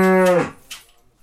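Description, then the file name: Cattle: cow lowing: one short, deep moo with rich harmonics, under half a second long, followed by a fainter, fading breathy sound. "tieng con bo keu"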